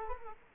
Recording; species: mosquito wingbeat signal from an infrared sensor; Culex quinquefasciatus